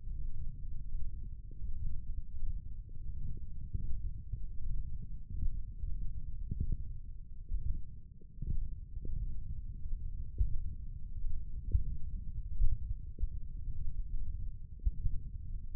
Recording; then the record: forearm muscle sounds (acoustic myography)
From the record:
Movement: wrist extension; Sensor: system 1, eight BSWA MPA416 microphones around the upper forearm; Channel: 2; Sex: male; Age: 21 years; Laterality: right